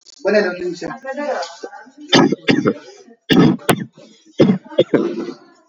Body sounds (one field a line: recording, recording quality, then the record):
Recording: shallow voluntary cough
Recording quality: moderate, slight background noise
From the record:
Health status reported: recovered from COVID-19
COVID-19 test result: positive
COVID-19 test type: RT-PCR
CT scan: not taken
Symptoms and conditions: cough, asthma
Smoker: no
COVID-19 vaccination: both doses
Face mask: worn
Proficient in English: yes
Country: India